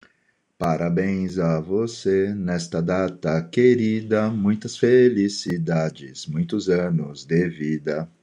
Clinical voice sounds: short text; Brazilian Portuguese; male; 50 to 59 years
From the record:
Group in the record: control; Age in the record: 52 years

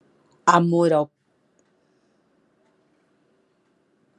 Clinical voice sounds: spoken sentence; Brazilian Portuguese; female; 60 to 69 years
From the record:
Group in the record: control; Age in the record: 60 years

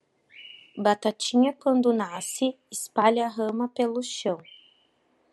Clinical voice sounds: short text; Brazilian Portuguese; female; 30 to 39 years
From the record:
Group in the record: control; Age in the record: 31 years

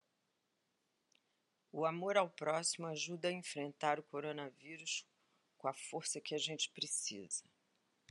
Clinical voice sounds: spoken sentence; Brazilian Portuguese; female; 60 to 69 years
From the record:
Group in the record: control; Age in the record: 68 years

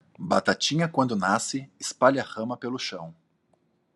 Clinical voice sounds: short text; Brazilian Portuguese; male; 40 to 49 years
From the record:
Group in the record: control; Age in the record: 43 years

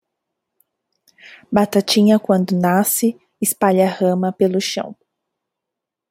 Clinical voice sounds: short text; Brazilian Portuguese; female; 30 to 39 years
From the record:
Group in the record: control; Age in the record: 31 years

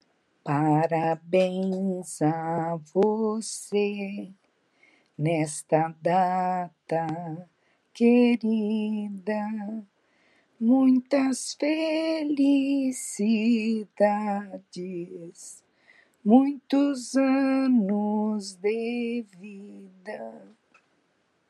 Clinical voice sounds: short text; Brazilian Portuguese; female; 70 to 79 years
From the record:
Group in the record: control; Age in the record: 71 years

